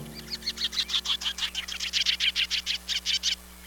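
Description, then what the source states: Sanderling calls: a rapid run of many short, sharp high notes, evenly spaced. Runs faster than probably any other beach bird; very social, often moving in flocks to avoid predators.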